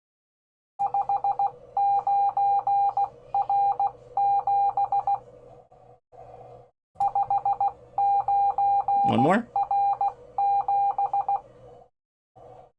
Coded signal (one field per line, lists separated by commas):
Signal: Morse code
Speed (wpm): 16 wpm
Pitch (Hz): 800 Hz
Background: speech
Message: 59R7 59R7